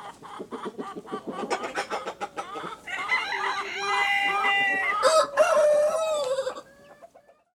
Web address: Le coq. mon imagier sonore de la nature